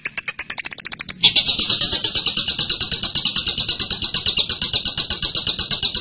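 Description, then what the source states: Bird with quick high ticks for a second, then a continuous scratchy, buzzing trill of fast regular pulses to the end. Birdsong used to train birds.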